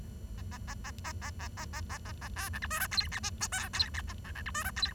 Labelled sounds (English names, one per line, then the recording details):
Bengalese Finch song
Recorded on 23 June 2012 at 10:50
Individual gr41rd51